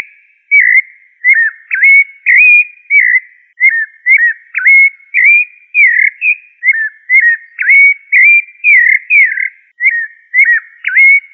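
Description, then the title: Thrush song: a steady run of short clear whistled phrases, each slurring up or down, delivered almost without pause, with no other sounds. "Familia Turdidae - Sabia"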